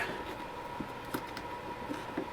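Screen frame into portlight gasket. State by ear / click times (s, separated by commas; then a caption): partly seated / 1.1 s. A replacement screen frame is pushed into the gasket of a boat portlight, and a small pop is heard at 1.1 seconds over a steady hum. The screen pops in but is not fully home, staying short of seated at the top.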